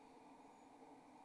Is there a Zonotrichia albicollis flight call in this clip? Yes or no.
no